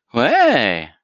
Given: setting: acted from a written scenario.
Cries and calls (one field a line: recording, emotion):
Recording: vocal sound without words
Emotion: positive surprise